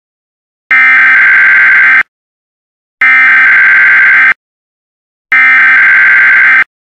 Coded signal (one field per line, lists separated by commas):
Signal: Emergency Alert System (SAME) tones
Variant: header bursts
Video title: Mock EAS Severe Thunderstorm Watch & Warning